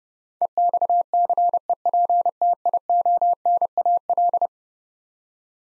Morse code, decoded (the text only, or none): EXCEPTIONAL